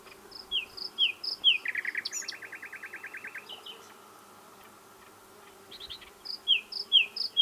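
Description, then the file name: Common nightingale singing: repeated whistled notes, then a rapid rattling run of many identical notes, a pause, and more repeated phrases. "Luscinia megarhynchos"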